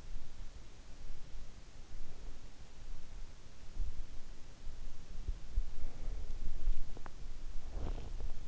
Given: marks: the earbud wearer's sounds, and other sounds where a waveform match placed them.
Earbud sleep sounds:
sounds in sleep by an in-ear microphone; breath, swallowing, body movement
1.84-2.78 s: breath
3.41-6.48 s: sound from someone else or the room
5.59-6.48 s: breath
6.86-7.33 s: swallowing
7.78-8.48 s: body movement

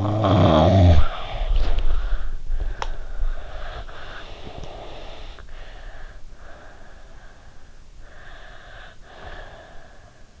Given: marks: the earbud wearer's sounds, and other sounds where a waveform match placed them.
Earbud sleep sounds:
sounds in sleep by an in-ear microphone; snoring breath, teeth grinding, breath
0.00-2.45 s: snoring breath
2.61-3.10 s: teeth grinding
3.48-5.46 s: breath
5.52-7.75 s: breath
7.98-10.40 s: breath

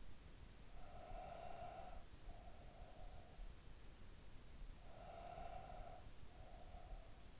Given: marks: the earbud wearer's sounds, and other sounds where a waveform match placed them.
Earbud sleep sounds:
sounds in sleep by an in-ear microphone; breath
0.59-3.77 s: breath
4.70-7.40 s: breath

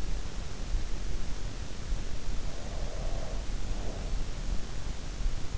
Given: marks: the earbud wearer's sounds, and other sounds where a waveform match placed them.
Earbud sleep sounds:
sounds in sleep by an in-ear microphone; breath
2.49-4.25 s: breath

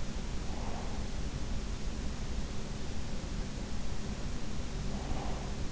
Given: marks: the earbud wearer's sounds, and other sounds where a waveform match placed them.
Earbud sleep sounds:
sounds in sleep by an in-ear microphone; breath
0.30-1.27 s: breath
4.87-5.72 s: breath

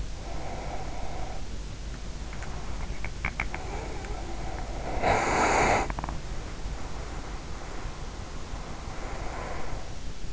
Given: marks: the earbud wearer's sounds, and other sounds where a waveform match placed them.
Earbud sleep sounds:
sounds in sleep by an in-ear microphone; breath, teeth grinding
0.00-4.73 s: breath
2.70-3.86 s: teeth grinding
4.84-10.32 s: breath

